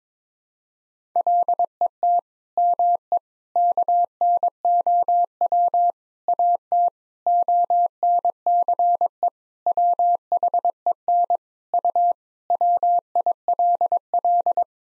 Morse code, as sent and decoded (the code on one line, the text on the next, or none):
.-.. . - / -- . / -.- -. --- .-- / .- - / --- -. -.-. . / .-- .... . -. / ..- / .-- .. .-.. .-..
LET ME KNOW AT ONCE WHEN U WILL